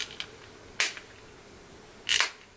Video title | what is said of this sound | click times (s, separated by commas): Learn to install new Replacement Sunglass Lenses in your Oakley Eyepatch Sunglasses - Seek Optics | So go ahead and give it a nice little push till you hear that pop. | 0.8 s